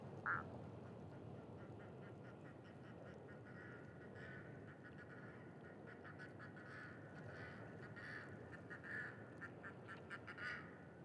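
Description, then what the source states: Ducks calling: one loud quack at the start, then a soft, rapid stream of faint nasal chattering notes building toward the end, over low steady noise. Ducks with unusual calls at a pond beside a site staging scarecrows in gory scenes; recorded with Sonosax SXM2D2, iPhone, MS mkh30/40 microphones in Cinela PIA2.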